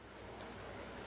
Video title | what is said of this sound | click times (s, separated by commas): Canister setup Sunsun HW-304B DIY#diy #aquariumfilter #canisterfilter #tamil | பாருங்க கம்ப்ளீட்டா lock ஆயிடுச்சு | 0.4 s